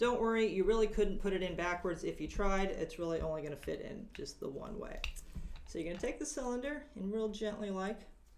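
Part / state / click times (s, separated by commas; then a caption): revolver cylinder into revolver frame / not seated / none. A woman talks while handling the steel cylinder of a Ruger Blackhawk revolver during reassembly, about to gently put it back into the revolver frame. Speech fills the clip with no sharp sounds. Nothing has seated or clicked yet.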